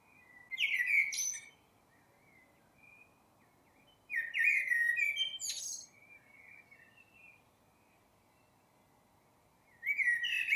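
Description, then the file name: Eurasian blackbird song, three phrases a few seconds apart, each a mellow warble with high, scratchy notes layered in. "Turdus merula"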